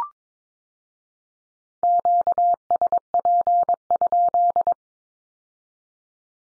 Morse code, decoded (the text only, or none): QSP?